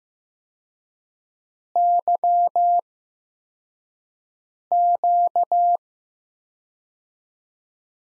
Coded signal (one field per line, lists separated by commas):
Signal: Morse code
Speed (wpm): 15 wpm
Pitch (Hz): 700 Hz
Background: none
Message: YQ